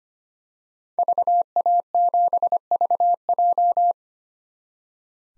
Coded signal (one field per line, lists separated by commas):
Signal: Morse code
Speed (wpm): 25 wpm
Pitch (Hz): 700 Hz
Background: none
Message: VA7VJ